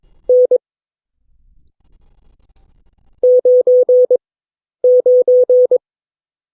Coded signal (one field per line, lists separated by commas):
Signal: Morse code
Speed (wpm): 22 wpm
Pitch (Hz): 500 Hz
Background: none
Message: N 99